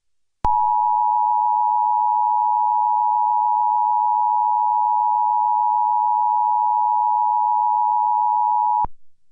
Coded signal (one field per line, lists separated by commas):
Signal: Emergency Alert System (SAME) tones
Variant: 853 and 960 Hz attention tone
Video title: EAS Scenario #2 - Seattle Attack